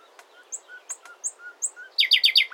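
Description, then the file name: Common nightingale singing short notes that alternate between very high and low pitch, then a fast burst of loud, descending rattling notes. "Luscinia megarhynchos"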